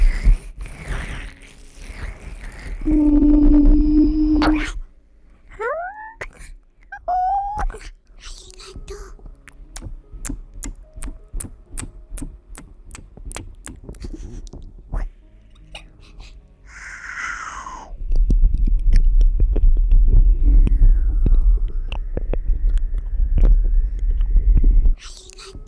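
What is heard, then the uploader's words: Wet eating sounds right at the ear: smacking, chewing and sharp clicks that come in quick irregular bursts, thickest between about 8 and 15 seconds. Low rumbling handling noise swells early and again after 18 seconds, with a few brief squeaky vocal sounds near 6 and 17 seconds. ASMR Relaxing Ear Eating.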